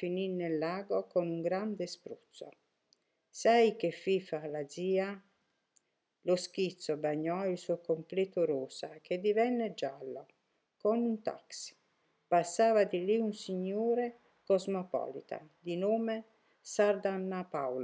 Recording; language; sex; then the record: read passage; Italian; female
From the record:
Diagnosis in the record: healthy control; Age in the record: 63 years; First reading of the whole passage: 70 s, 6.7 characters per second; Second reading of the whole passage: 71 s, 6.6 characters per second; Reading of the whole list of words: 45 s, 6.3 characters per second